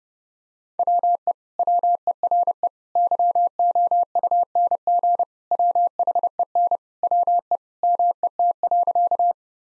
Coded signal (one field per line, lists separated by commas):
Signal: Morse code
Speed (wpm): 30 wpm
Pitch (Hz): 700 Hz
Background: none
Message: WE WERE YOUNG WHEN WE MET.